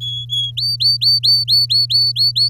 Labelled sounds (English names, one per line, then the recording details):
Domestic Canary song
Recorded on 7 May 2018 at 16:01
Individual llb16